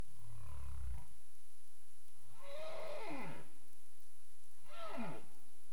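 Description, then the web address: Humpback whale sounds: a low rumbling moan, then two swept calls with bright harmonics sliding downward, over a steady hiss. Caribbean, recorded 27 April 2035 at 22:35 UTC. "CARIMAM clean data humpback whale"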